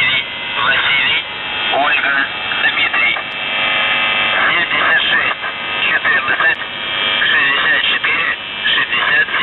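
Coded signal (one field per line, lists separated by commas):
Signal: numbers station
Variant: UVB-76, Russian voice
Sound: a voice speaking through heavy shortwave static and a steady hum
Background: radio static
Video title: The Buzzer/UVB-76(4625Khz) April 28th, 2023 12:54UTC Voice message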